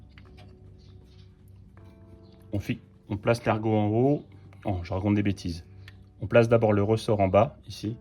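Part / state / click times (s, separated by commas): brake pad into brake caliper / not seated / none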